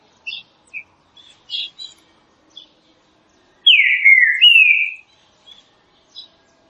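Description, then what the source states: Green-winged saltator song: one loud whistled phrase sliding down then leveling high, amid scattered soft high chirps. Classic song style used for training.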